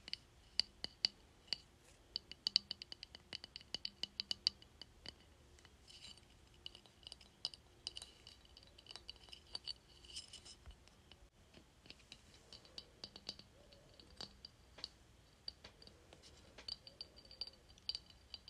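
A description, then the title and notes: Fingertips tap a glass container in quick, irregular bursts, each tap a sharp, bright click with a faint ringing tone. The taps are dense early on, then thin out and soften after about eleven seconds, over a quiet low hum. ASMR Tapping Glass Container.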